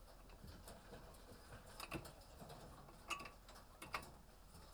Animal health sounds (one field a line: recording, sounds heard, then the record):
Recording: poultry house recording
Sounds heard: healthy chickens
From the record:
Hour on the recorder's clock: 18